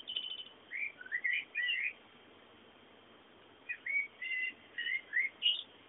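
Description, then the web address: Bird song, short whistled chirps and twittering notes in two bursts, one near the start and one after a pause of almost two seconds. Background bird sounds. "bullas Bullasdata sounds fondo pajaros"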